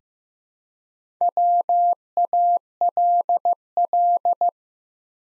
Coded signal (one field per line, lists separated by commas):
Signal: Morse code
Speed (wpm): 15 wpm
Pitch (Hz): 700 Hz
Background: none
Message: WALL